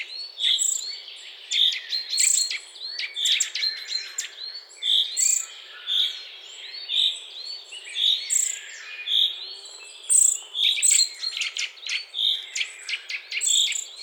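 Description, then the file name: Eurasian nuthatch calls: loud, clear piping notes repeated in quick bursts, with other high chirps and twitters mixed throughout. "Sitta europaea"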